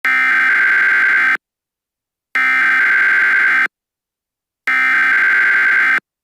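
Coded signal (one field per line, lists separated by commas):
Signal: Emergency Alert System (SAME) tones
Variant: header bursts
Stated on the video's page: Spoof EAS SAME tones, not a real alert.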